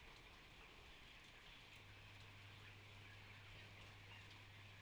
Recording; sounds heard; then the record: poultry house recording; healthy chickens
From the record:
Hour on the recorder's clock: 13